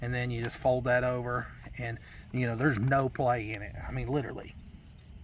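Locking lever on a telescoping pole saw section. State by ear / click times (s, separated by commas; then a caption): not seated / none. A man talks while handling the locking lever on a telescoping section of an EZ KUT Kamikaze 20′ extending pole saw, folding the lever over to close the lock after the section pin engages. Only speech is heard. The clip ends before the part goes home, so nothing has seated or clicked yet.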